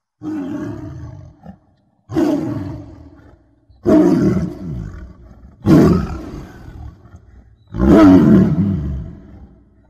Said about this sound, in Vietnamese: Họ nghe như đâu đó vang lên tiếng cọp gầm gừ từ một cõi xa xăm.